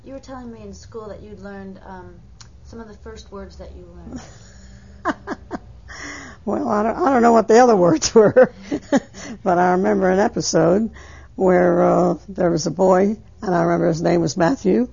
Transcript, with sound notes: You were telling me in school that you learned, some of the first words that you learned.
( she laughs ) Well, I don't know what the other words were, but I remember an episode where, uh, there was a boy, and I remember his name was Matthew,